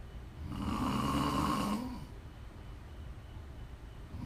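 A long, rumbling inhaled snore, a quiet pause, then the next snore beginning: steady snoring.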